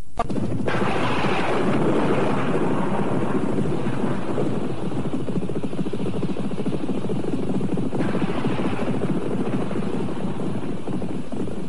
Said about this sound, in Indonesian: Hei, hujan turun. Kita mencari tempat untuk berteduh.